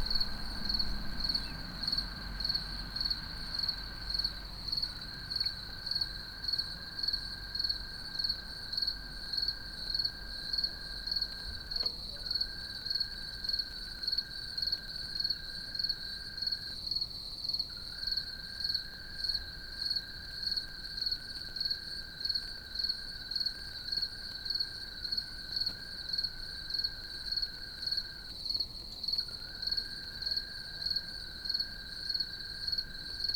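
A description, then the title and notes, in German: Chirping crickets trill steadily, a high bright pulsing tone that never stops. A second, lower continuous tone runs alongside, breaking off briefly around 5, 12, 17 and 28 seconds. A faint low rumble sits underneath, stronger in the first few seconds. Die Aufnahmen zu dieser Sendung entstanden in Wien Ottakring, im oberösterreichischen Hausruckviertel, in Ober- und Mittelkärnten sowie an der slowenischen Küste. Zirpenden Grillen.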